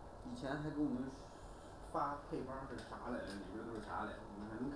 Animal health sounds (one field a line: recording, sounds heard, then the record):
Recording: poultry house recording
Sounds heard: no chicken sound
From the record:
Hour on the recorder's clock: 9